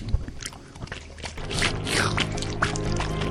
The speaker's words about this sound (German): Und diesen Slime macht diesen Geräusch.